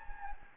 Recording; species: mosquito wingbeat signal from an infrared sensor; Anopheles gambiae